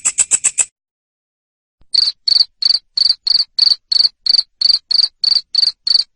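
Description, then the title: Cricket chirping: a quick burst of five higher, shrill pulses, a second of silence, then loud, steady chirps about three per second. Loud cricket chirping played to make lovebirds keep singing (ngekek). "Suara JANGKRIK NGERIK Keras Bikin LOVEBIRD Jadi NGEKEK Terus Vubey"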